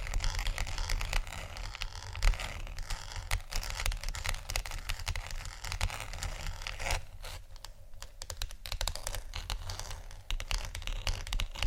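Scratchy tapping continues throughout, made of dense, irregular clicks and scrapes that crowd together with only brief gaps, thinning slightly around seven seconds. The sound is bright and rasping, over a steady low hum that never lets up.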